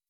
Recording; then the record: hydrophone in a shrimp aquaculture tank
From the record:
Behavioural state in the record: weakened